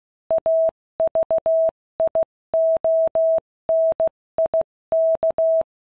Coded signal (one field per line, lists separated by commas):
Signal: Morse code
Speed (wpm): 16 wpm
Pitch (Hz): 650 Hz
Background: none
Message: AVIONIK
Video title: Why are Luftwaffe radios the best?